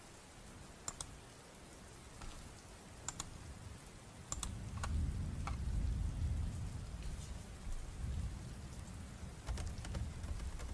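Steady rain with a low rumbling wash that swells after four seconds, punctuated by sharp, bright drip clicks scattered every second or two.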